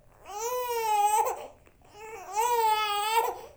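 Two drawn-out infant cry wails of about a second each, separated by a brief breath pause, with a clear high pitch that rises and falls within each wail. A typical baby cry.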